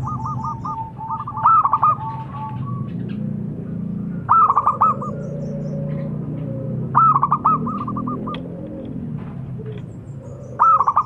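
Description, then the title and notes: Zebra dove cooing in several phrases of quick, tremulous notes over a low background rumble. Long-duration lure call of a zebra dove, described as a vigorous singer (gacor). "Pancingan Perkutut Durasi Panjang. Suara Burung Perkutut Gacor"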